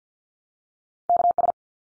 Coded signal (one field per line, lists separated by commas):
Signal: Morse code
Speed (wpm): 50 wpm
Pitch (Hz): 700 Hz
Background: none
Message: KS